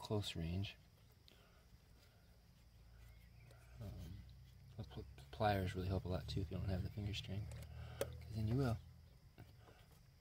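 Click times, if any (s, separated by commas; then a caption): none. A plastic wiring harness connector is handled and pushed toward an engine-bay component on a 2007 Chrysler Town and Country while tracking down a sputter on acceleration. Someone talks over brief handling noises. Nothing has seated or clicked yet.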